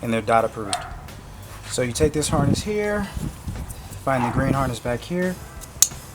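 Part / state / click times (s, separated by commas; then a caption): headlight wiring plug into vehicle headlight harness connector / seated / 5.8 s. Someone talks while the wiring plug of a new DOT-approved JW Speaker headlight is pushed into the green plastic factory headlight harness connector on a Jeep Wrangler JK. A sharp, loud click at 5.8 s marks the plug seating in the connector, ready for its red locking clip to be slid down.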